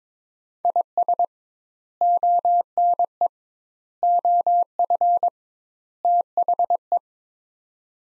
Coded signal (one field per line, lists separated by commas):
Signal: Morse code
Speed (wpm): 22 wpm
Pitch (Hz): 700 Hz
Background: none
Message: IS ONE OF THE